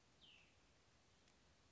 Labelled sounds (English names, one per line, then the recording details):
Cassin's Vireo
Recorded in Sonoma County, California